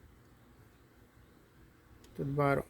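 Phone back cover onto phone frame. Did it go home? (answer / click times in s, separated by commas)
no / none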